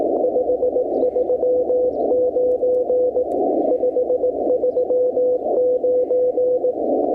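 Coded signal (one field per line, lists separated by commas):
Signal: Morse code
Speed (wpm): 16 wpm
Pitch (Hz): 500 Hz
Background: none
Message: 539 539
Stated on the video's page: Morse sent with US Morse Paddles on a Yaesu FT-891 at 25 watts into a 17-ft whip on a mag-mount, during a POTA-style activation from a hotel.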